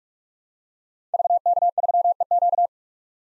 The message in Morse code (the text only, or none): VK3EQ